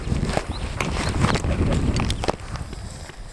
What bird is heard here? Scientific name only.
Lamprotornis superbus